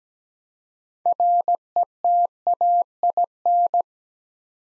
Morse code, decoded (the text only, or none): RETAIN